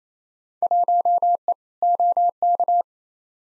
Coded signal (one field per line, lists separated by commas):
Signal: Morse code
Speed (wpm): 28 wpm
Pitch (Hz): 700 Hz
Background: none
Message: 1E OK